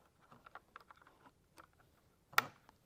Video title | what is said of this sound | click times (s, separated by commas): How To Re-String An Excalibur RevX Crossbow - How To Put On A String | till you hear that click now once you hear that click | 2.4 s